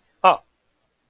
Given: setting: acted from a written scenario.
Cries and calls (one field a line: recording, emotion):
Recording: vocal sound without words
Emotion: awe